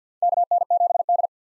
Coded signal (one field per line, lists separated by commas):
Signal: Morse code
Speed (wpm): 45 wpm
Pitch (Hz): 700 Hz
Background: none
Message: KN7D